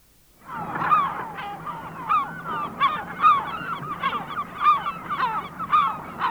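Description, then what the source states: Herring Gull giving repeated yelping calls throughout. Field recording by Sten Wahlström on a 1984 Swedish cassette of mountain and coastal birds.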